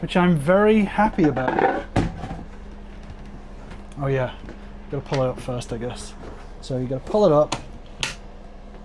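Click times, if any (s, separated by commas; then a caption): 8.0 s. Someone talks while a fold-down countertop extension is pulled up so its folding shelf brackets lock open. A sharp click at 8.0 s marks the folding shelf bracket locking into position.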